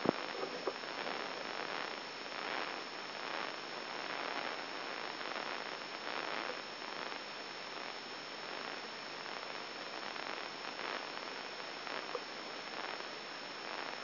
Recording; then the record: brain microelectrode recording played as sound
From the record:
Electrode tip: inside the subthalamic nucleus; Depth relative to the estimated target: -2.5 mm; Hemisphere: left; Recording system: AlphaMap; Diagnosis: Parkinson's disease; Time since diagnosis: 14 years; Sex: male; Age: 66 years